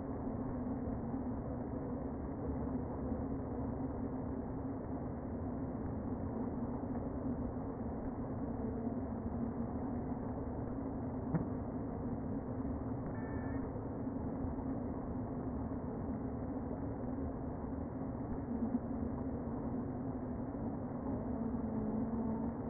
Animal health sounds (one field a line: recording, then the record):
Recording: honeybee colony, microphone inside the hive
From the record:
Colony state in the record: queen present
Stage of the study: before two queens were removed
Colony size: about 60,000 bees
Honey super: yes